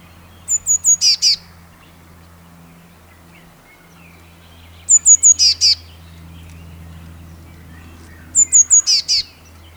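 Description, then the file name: Eurasian blue tit giving a short run of high sharp notes ending in two scratchy buzzes, repeated three times at intervals of about four seconds, with faint low droning in the background. "Cyanistes caeruleus"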